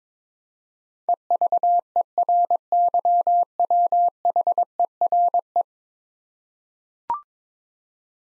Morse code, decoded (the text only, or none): EVERYWHERE